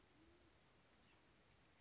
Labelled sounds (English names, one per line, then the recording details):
Band-tailed Pigeon
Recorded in Sonoma County, California